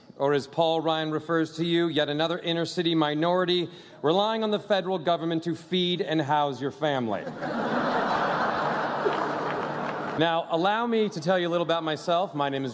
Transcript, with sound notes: or as Paul Ryan refers to you, yet another inner-city minority relying on the federal government to feed and house your family.
(LAUGHTER)
Now allow me to tell you a little about myself